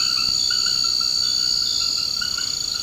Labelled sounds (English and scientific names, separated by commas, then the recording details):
none
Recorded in secondary vegetation near Puerto Asís, Putumayo, Colombia, on 21 March 2025 at 21:30
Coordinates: 0.488, -76.319
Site G095